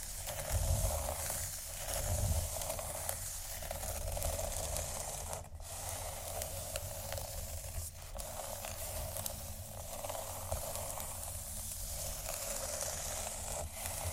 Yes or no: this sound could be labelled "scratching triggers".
yes